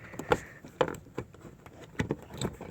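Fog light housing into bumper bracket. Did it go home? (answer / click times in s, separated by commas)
no / none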